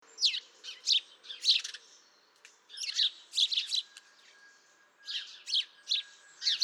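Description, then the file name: House sparrow chirping in bursts of sharp, high, repeated notes, with a short lull around two seconds and another near four and a half seconds. "Passer domesticus"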